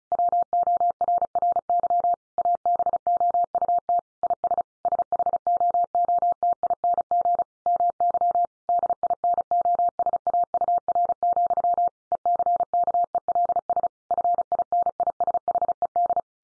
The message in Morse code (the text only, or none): WORRY ABOUT IS SHOOTING MY DINOSAUR, ECKELS FINISHED